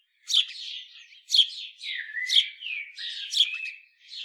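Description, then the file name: House sparrow chirping: loud, harsh chirps repeated roughly once a second, with quieter chattering notes between them and no other sounds. "Passer domesticus"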